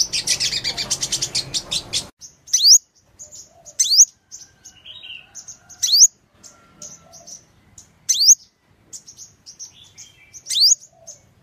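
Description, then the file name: Sunbird song: a dense burst of rapid high chatter, then sharp rising high notes at intervals separated by faint thin twitters. "tieng-hut-mat-5-mau-hot"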